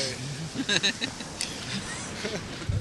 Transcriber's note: laughter